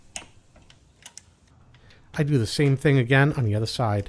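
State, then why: Torque reached. A torque wrench set to 132 inch-pounds tightens the fork clamp nuts on a Harley Lowrider front suspension, turned progressively back and forth between the nuts. A sharp click sounds at 0.2 s as the wrench reaches its setting, followed by a few faint ratcheting ticks. From about 2.2 s, someone talks.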